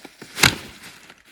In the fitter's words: And clips in just like that.